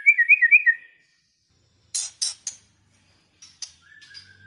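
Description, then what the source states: White-rumped shama: a quick trilled whistle, then a few sharp clicks after a pause, and a short, level whistle at the end. Lure recording of a vigorously singing (gacor) white-rumped shama, used to make other shamas respond and sing straight away.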